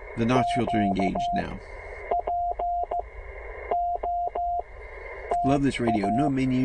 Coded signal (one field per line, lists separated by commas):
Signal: Morse code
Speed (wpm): 16 wpm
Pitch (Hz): 690 Hz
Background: speech, radio noise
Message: Q POTA